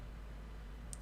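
A standard plastic trim clip, used in place of the missing original, is pushed into its hole on the molding. Over a steady low hum, a single sharp, short click sounds at 0.9 s as the clip seats in place.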